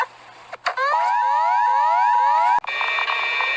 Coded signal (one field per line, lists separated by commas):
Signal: Emergency Alert System (SAME) tones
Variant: 853 and 960 Hz attention tone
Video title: Rating eas alarms (part 10 final part)